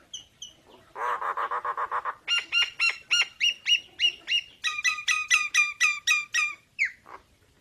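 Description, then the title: Nias hill myna song: two thin whistles, a nasal buzzing rattle, then long fast series of loud harsh repeated notes ending in a downslurred squawk. Energetic 'gacor' singing with a very loud 'super gledek' voice, used as master material for tutoring songbirds. "Burung Jalak Nias Gacor Suara Super Gledek Untuk Masteran"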